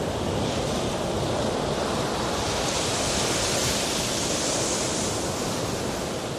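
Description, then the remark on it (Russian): A heavy, continuous roar of surf, like a giant wave crashing and churning, a dense hissing rush that stays loud and steady throughout with no voices. “И тут гигантская волна подняла корабль и снова швырнула его на скалу.”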